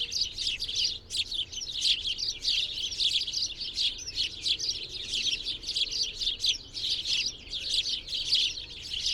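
Birds chirping in a dense, continuous chorus of high, rapid tweets that overlap and pulse in quick bursts throughout.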